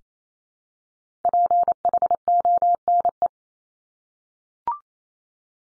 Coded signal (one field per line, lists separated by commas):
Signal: Morse code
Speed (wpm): 28 wpm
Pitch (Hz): 700 Hz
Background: none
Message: PHONE